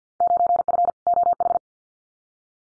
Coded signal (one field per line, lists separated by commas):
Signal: Morse code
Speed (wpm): 50 wpm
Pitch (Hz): 700 Hz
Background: none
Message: 9F OH